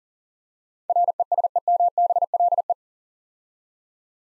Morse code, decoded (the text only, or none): RESEMBLE